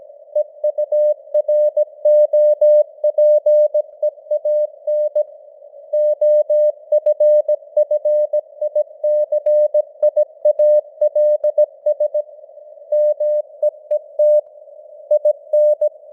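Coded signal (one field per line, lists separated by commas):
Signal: Morse code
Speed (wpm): 17 wpm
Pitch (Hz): 600 Hz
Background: none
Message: EUROPEAN OFFICIALS MEET IN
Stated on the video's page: News headlines in Morse at 17 wpm with simulated radio noise and varying signal strength (QSB).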